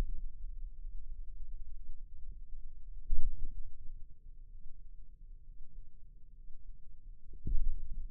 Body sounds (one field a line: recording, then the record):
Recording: forearm muscle sounds (acoustic myography)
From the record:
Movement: radial deviation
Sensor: system 2, bracelet of six BSWA MPA416 microphones around the upper forearm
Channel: 6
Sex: male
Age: 22 years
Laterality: right